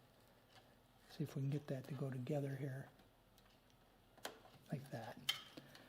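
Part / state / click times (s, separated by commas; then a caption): blue wire bullet connector into its mating harness connector / seated / 5.3 s. A blue wire bullet connector on a Yamaha YL1 motorcycle wiring harness is pushed together with its mating harness connector while someone talks. After a pause with a few faint ticks, a sharp snap at 5.3 s marks the connector seating, followed by a couple of small clicks.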